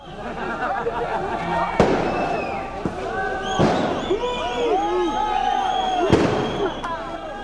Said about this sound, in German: Die wichtigste Waffe der Polizisten sind Tränengasgranaten und Knallkörper, die mit einem großen Donnerschlag zerplatzen.